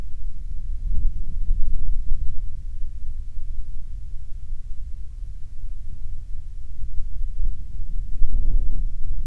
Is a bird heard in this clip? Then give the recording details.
yes. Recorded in the Prudhoe Bay oil fields, Alaska, on 27 June 2019 at 01:07. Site 22